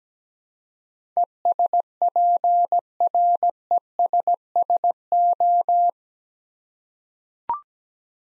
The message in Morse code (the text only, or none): ESPRESSO